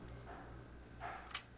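A small ribbon wire connector linking the top shell of a Logitech G305 mouse to its main circuit board is unplugged from the board. Faint low background hum and a brief soft rustle near 1.0 s lead to a sharp, bright click at 1.4 s. The connector comes free and is released.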